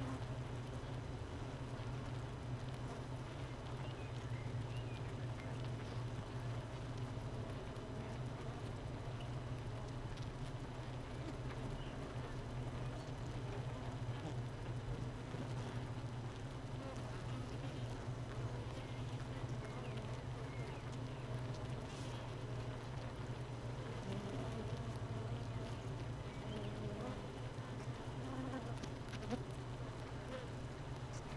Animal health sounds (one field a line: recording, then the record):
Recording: honeybee colony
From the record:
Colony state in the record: missing queen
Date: 31 May 2018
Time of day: 13:38